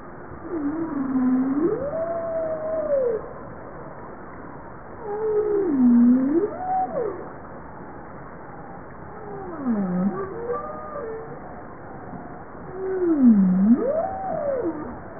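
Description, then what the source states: Bowhead whale calls: four smooth tonal moans, each dipping then sweeping upward, spaced about four seconds apart over a steady low background hiss. Recorded 26 April 1988.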